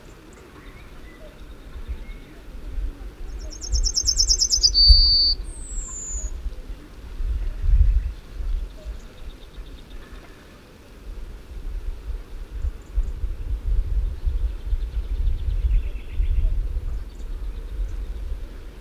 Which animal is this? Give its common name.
Yellowhammer